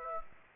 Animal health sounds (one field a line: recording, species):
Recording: mosquito wingbeat signal from an infrared sensor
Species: Aedes aegypti